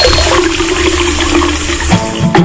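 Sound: water running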